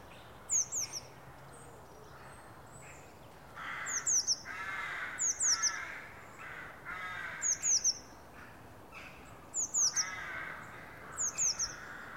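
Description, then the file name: Eurasian blue tit calling in short clusters of high, sharp, descending notes, usually three per cluster, repeating every few seconds over diffuse background noise. "Cyanistes caeruleus"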